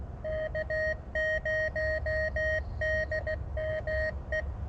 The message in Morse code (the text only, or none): K0DME